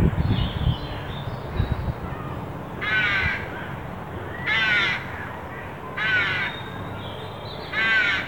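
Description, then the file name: Carrion crow giving harsh rasping caws, four calls spaced about every one and a half seconds, after low rumbling noise at the start. "Corvus corone"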